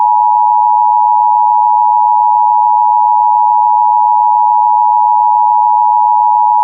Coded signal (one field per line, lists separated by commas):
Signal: Emergency Alert System (SAME) tones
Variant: 853 and 960 Hz attention tone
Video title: TOR (EAS 106) (please read the description NOW!)